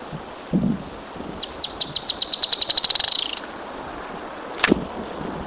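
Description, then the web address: Firewood-gatherer song, a run of sharp high notes that speeds up into a short trill, with a low thump before and a single click after. "cantos lenatero"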